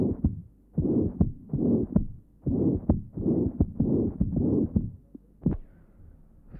Severe mitral insufficiency, recording taken at mitral area. Note the pan-systolic murmur and the loud third sound.